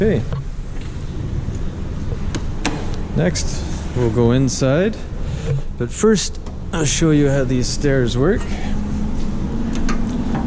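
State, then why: Seated. Someone talks while the folding metal entry stairs of a 2020 Jayco Jay Feather 25RB travel trailer are lifted up into the stowed position. The stairs click into the trailer's stair latch at 9.8 and 9.9 seconds and are seated.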